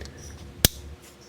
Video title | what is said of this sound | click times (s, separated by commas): DRPD Tool Haul #28: PB Swiss Bike Tool | you do really have to click that you hopefully you heard that there's like a little extra slack | 0.6 s